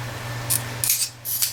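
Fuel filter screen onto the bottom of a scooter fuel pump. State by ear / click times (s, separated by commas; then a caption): seated / 0.8 s. A plastic fuel filter screen is lined up so its prongs go over the small catches on the bottom of the fuel pump of a 2013 Honda PCX150 scooter, then pushed on. Over a steady low hum, short bright hissy scrapes come and go, and a sharp snap lands at 0.8 s as the screen seats on the pump.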